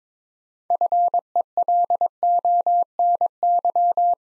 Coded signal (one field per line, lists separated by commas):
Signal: Morse code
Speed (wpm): 22 wpm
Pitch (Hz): 700 Hz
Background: none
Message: FELONY